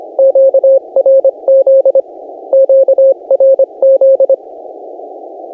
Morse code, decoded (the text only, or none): QRZ QRZ